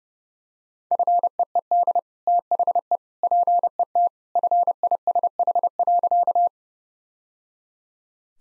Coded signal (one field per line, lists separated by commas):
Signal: Morse code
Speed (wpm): 30 wpm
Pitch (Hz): 700 Hz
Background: none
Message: FEED THE PET FISH.